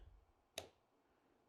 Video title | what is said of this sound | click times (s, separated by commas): Installing Enclosure | snaps into place. | 0.6 s